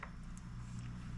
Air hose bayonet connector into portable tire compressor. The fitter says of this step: now that clicked in place uh let's look at uh the flashlight though